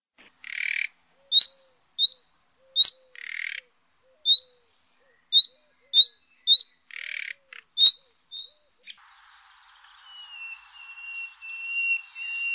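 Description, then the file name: Common nightingale song of short, high, sharp notes spaced irregularly, mixed with rough rasping bursts. It ends in a long, steady, pure whistle. "rossignol"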